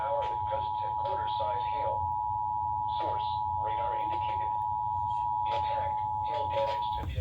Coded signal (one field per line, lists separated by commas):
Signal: Emergency Alert System (SAME) tones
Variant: 853 and 960 Hz attention tone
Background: speech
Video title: My second compilation! (EAS alerts from 10/5/2021 (EAS #34-40